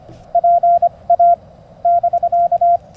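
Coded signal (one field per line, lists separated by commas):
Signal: Morse code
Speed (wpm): 25 wpm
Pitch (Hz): 690 Hz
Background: none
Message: PA <BK>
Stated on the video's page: Morse sent with paddles on a tiny portable QRP Mountain Topper MTR3B during a Parks on the Air activation, Alex Loop antenna, battery and solar powered.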